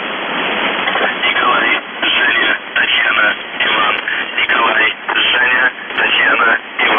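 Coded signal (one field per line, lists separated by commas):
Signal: numbers station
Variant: UVB-76, Russian voice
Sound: faint voice words in short evenly spaced bursts through heavy shortwave hiss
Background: radio static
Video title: The Buzzer/UVB-76(4625Khz) August 11, 2021 15:53UTC Voice message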